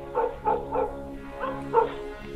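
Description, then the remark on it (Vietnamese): Village dogs bark in two quick bursts, three sharp woofs and then two more after a short pause, with tonal, slightly drawn-out edges that lean toward howling, in fits, over a low steady hum on a windless night. “Cứ mỗi một lần có cái tiếng xào xào như vậy là chó ở trong xóm á, nó lại tru lên nhiều hơn, nó cắn dữ dội hơn, từng chập một, nghe sốt cả ruột.”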